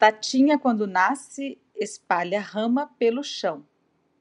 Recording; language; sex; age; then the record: short text; Brazilian Portuguese; female; 40 to 49 years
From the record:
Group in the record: control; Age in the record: 41 years